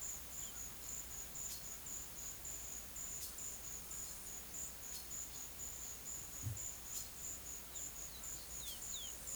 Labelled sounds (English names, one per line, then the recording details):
none
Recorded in pastures near Puerto Asís, Putumayo, Colombia, on 19 June 2025 at 13:00
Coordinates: 0.487, -76.322
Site H26